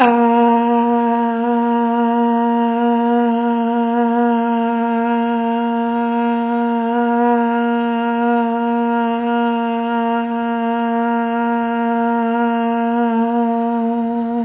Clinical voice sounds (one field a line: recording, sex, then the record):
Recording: sustained vowel /a/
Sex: female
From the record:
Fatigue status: fatigue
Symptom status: symptomatic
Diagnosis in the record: COVID-19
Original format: 3gp